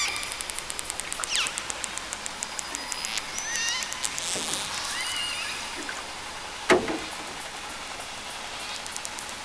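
Killer whale calls: whistled sweeps over dense trains of rapid clicks, with one sharp loud click burst midway, against a steady hiss.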